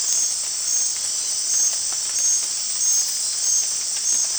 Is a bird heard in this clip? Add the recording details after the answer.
no. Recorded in dense forest near Puerto Asís, Putumayo, Colombia, on 13 March 2025 at 23:00. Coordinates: 0.499, -76.324. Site GP03